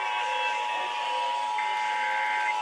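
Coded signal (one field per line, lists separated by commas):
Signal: Emergency Alert System (SAME) tones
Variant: 853 and 960 Hz attention tone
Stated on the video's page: Received on FM broadcast stations at 101.1, 96.5, 95.7, 89.1 and 103.1 MHz, some HD.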